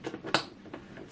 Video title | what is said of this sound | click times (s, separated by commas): Ultimate Shoe Storage Hacks: How to Assemble SEE SPRING Large 12 Pack Box | snap snap okay so now it's together | 0.3 s